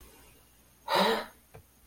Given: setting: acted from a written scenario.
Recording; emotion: vocal sound without words; positive surprise